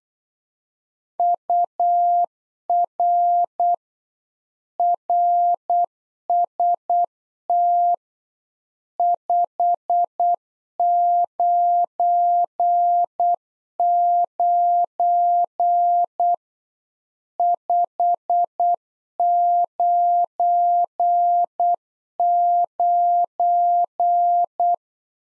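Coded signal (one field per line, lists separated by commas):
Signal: Morse code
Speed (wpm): 8 wpm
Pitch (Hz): 700 Hz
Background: none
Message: UR RST 599 599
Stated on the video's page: Practice QSO lesson at 8 wpm, one side of a complete exchange; each segment sent in Morse, spoken, then sent again.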